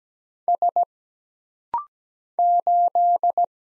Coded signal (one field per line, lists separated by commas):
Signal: Morse code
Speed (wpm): 17 wpm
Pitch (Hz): 700 Hz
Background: none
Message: S 8